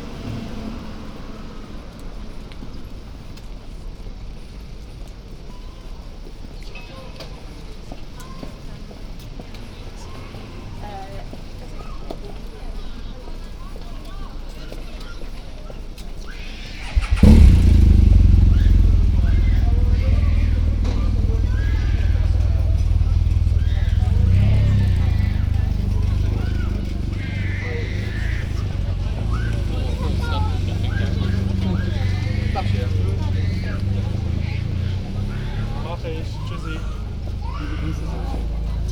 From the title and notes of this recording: Walking down Mansfield Road, Holywell Street, and Broad Street. From Queen Elizabeth House to Cornmarket Street, on the left-hand side.